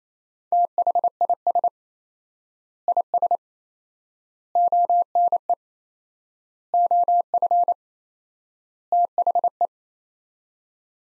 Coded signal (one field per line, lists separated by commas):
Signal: Morse code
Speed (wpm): 27 wpm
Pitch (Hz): 700 Hz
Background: none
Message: THIS IS ONE OF THE